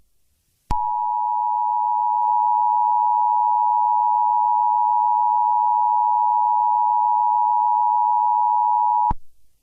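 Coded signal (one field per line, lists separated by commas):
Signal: Emergency Alert System (SAME) tones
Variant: 853 and 960 Hz attention tone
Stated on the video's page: Fictional EAS mock scenario using valid EAS tones.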